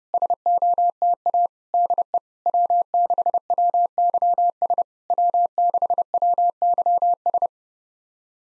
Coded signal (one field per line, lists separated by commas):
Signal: Morse code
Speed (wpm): 30 wpm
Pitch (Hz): 700 Hz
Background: none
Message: SOTA DE W6WYS W6WYS